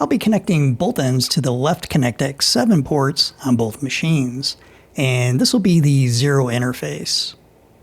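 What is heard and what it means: A QSFP112 network cable end is being plugged into the left ConnectX-7 port of a small NVIDIA DGX Spark AI computer, with both cable ends going to the left ports of two machines. Someone talks almost the whole time, and a faint short tick comes right at the end. The plug is still being handled and nothing has seated or clicked yet.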